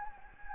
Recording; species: mosquito wingbeat signal from an infrared sensor; Anopheles gambiae